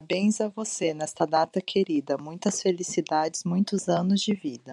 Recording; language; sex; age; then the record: short text; Brazilian Portuguese; female; 30 to 39 years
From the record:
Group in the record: control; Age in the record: 37 years